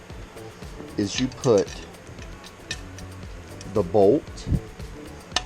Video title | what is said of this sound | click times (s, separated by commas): 64 Nova 6.0 LQ4 LSX LS Swap Project Jolene Episode 11 Part 2 BTR Valve Cover Install | in there like that until you hear it click | 5.4 s